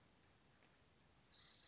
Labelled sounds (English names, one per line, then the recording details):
Western Flycatcher
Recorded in Sonoma County, California